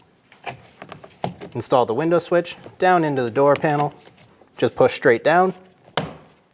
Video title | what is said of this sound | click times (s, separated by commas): How to Replace Rear Window Regulators 2001-2006 Chevrolet Silverado 2500 HD | and it'll lock into place. | 6.0 s